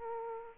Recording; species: mosquito wingbeat signal from an infrared sensor; Aedes aegypti